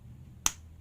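The two plastic halves of a keyless remote for an Aerox, Sniper155r or Nmax motorcycle are pressed back together onto the remote body after a battery change. A single sharp plastic snap is heard at 0.5 s (0.46 s) against a quiet low background. The cover is seated and locked, and the remote is secured.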